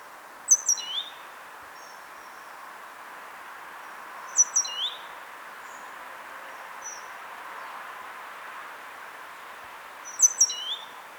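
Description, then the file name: Great tit calls: three brief clusters of high, sharp notes dropping to a lower slur, spaced several seconds apart, with faint soft chips between and a steady background hiss. "Parus major"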